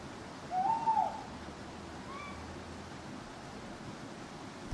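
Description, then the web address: Owl giving one short wavering hoot, then a quiet night background. Owls hooting at night in a churchyard. "birds backgrounds churchyard night owls hooting clock strike"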